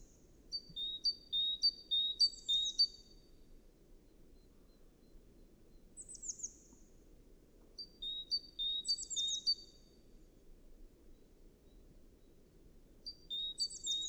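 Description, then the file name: Great tit: bursts of high, clipped notes repeated in quick series, mostly alternating a steady lower note with sharp, downslurred higher notes, over a faint low rumble. "Parus major"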